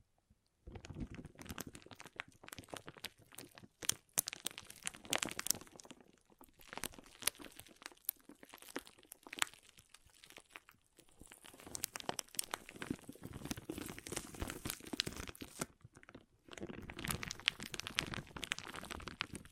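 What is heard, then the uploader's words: Water beads are squished and stirred, giving a dense, crunchy crackle of many quick pops and squelches. The handling comes in uneven bursts, easing off around the middle and pausing briefly near sixteen seconds before picking up again. ASMR Soothing & Deep Water Beads Sounds (No Talking).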